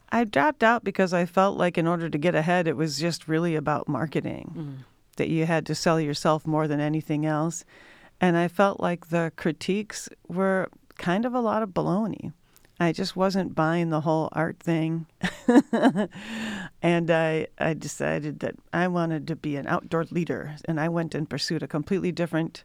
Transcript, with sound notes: I dropped out because I felt in order to get ahead, it was just really about marketing that you had to sell yourself more than anything else, and I felt the critiques were a lot of baloney. I just wasn't buying the whole art thing, [LAUGHTER] and I decided that I wanted to be an outdoor leader, and I went and pursued a completely different